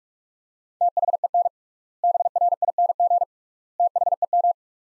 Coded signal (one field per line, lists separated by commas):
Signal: Morse code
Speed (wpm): 46 wpm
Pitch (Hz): 700 Hz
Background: none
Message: THEN BRING THEM